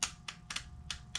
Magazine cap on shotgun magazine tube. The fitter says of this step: here, and you can hear the clicking noise as we tighten the magazine cap.